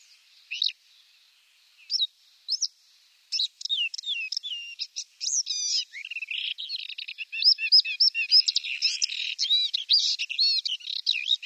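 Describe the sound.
Paddyfield warbler song: a few scattered high chirps at first, then a fast, continuous chattering warble of varied notes and trills.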